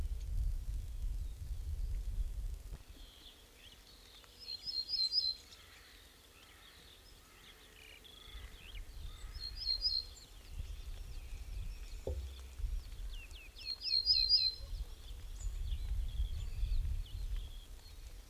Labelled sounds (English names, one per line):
Ortolan Bunting song